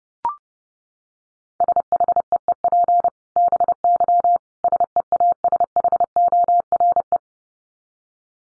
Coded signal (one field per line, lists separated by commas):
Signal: Morse code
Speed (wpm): 30 wpm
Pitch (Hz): 700 Hz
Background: none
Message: SHEEP BY SEASHORE